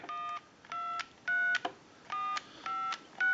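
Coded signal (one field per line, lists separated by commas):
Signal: DTMF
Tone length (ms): 280 ms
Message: 12345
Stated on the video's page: From a Bell South clear Lucite Trimline telephone during checkout and repair.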